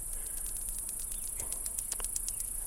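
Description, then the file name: Cicadas give a bright, unbroken high drone overlaid with quick irregular clicking pulses. Cicadas recorded in July 2008. "2008-07 cicadas"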